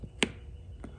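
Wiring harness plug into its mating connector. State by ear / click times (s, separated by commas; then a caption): seated / 0.2 s. A second plastic wiring harness plug is pushed fully into its mating connector while installing an IRC quick shifter auto blipper on an S1000RR HP4. It gives one sharp snap at 0.2 s among fainter taps near 0.0 s and 0.8 s. The connector is confirmed fully seated.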